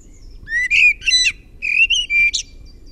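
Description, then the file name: Common blackbird singing fluty, mellow whistled phrases mixed with brief higher twittering notes, with a low rumble underneath. "MUSTARASTAS"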